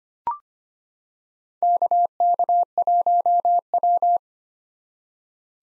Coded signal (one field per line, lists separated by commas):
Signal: Morse code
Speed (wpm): 25 wpm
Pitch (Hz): 700 Hz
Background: none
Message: KK1W